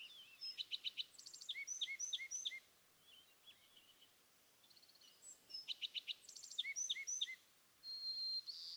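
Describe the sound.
California thrasher song: short bursts of clipped chirps and downslurred notes, a similar phrase group repeated twice with a quiet gap between.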